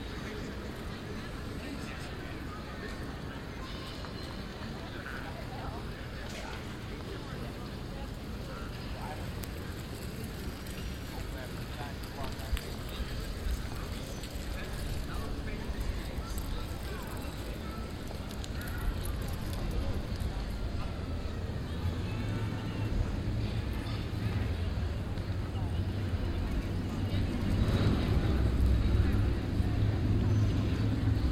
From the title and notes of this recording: Plein (Den Haag, October 31st 2015). A sunny Saturday in October; People on café terraces, kids playing and one loud motorcycle.